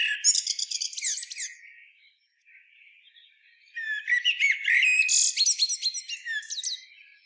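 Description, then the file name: Eurasian blackbird singing two phrases of mellow warbling mixed with thin, shrill twittering notes. "Turdus merula"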